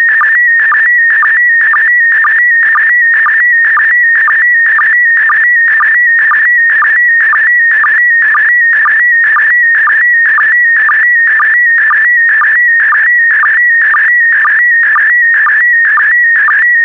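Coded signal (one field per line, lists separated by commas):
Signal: SSTV (slow-scan television)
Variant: PD120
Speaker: complete. You can now check your decoded image against the picture that is shown on the video.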